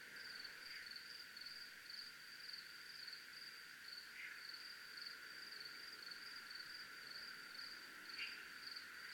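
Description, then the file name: Cricket giving a continuous high, pulsing trill that holds steady throughout, with three faint short buzzy notes scattered in the background. Crickets recorded in a military zone. "zona militar crickets"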